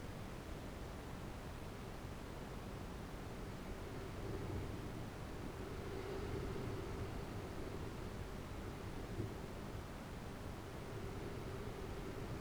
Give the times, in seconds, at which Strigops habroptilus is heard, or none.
none